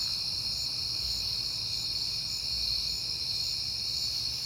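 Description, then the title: Crickets chirping in a steady, continuous high-pitched chorus with a shimmering, even tone throughout, over a low background rumble. Recorded on a peaceful night in September; crickets heard often that month. "Night Time: Crickets and Passing Cars"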